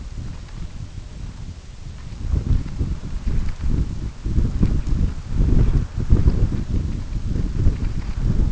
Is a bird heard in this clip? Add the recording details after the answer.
no. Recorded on Arctic tundra, site UTQI-5, on 25 June 2018. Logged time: 18:00